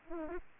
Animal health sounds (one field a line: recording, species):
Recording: mosquito wingbeat signal from an infrared sensor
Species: Aedes aegypti